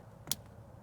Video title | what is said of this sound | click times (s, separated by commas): 2015-2020 GMC Yukon Front Wheel Bearing Replacement Step‑By‑Step | grab this, push it on until we hear it click. | 0.3 s